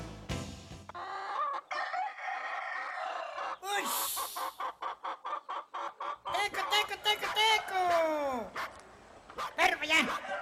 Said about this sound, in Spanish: Aquí, echándole comida a esta gallina.